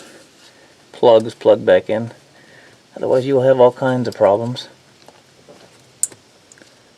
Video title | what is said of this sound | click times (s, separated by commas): 2011-2016 FORD F250 6.2 V8 SPARK PLUGS AND COIL PACKS REPLACEMENT - SUPER DUTY | right feel it click push the red dot | 6.0 s